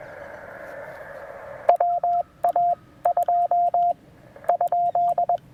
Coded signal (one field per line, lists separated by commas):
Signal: Morse code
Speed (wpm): 21 wpm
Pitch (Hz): 700 Hz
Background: radio noise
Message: WA2 ?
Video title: The Amazing Penntek TR-45L: A Quick POTA Activation if the HF Bands Cooperate!